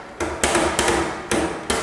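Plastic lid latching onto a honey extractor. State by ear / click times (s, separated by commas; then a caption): seated / 0.4 s. The plastic lid of a 21-frame honey extractor is closed back down and locks, since the extractor won't run unless the lid is closed. Five sharp knocks sound at about 0.2, 0.4, 0.8, 1.3 and 1.7 s as the lid comes down, with the lock engaging at 0.4 s. The lid ends up closed and locked.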